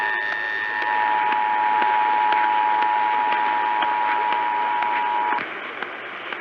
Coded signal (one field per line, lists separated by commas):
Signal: Emergency Alert System (SAME) tones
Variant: 853 and 960 Hz attention tone